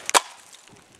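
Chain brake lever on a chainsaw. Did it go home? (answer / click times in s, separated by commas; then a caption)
yes / 0.1 s. A running chainsaw is bumped against a wood chunk to simulate a kickback, tripping the chain brake lever on the chainsaw. A sharp click at 0.1 s is followed by a louder broadband knock at about 0.2 s, then faint low rumbling. The chain brake snaps on and locks.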